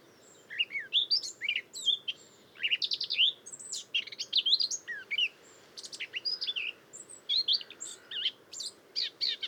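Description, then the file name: Eurasian blackcap warbling steadily, a mix of sharp chips, twangy slurs and brief whistles, over a soft background hiss. "Sylvia atricapilla"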